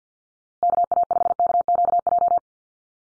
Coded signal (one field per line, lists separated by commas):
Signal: Morse code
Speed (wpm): 49 wpm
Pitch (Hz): 700 Hz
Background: none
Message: KA5KQJ